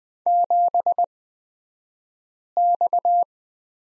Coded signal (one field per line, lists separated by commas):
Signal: Morse code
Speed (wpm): 20 wpm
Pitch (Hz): 700 Hz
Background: none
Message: 7X